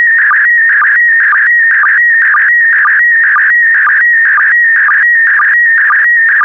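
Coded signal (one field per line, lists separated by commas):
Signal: SSTV (slow-scan television)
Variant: PD120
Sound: warbling tone scanning lines with a steady low blip about twice a second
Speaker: 5, 4, 3, 2, 1. Thank you. Transmission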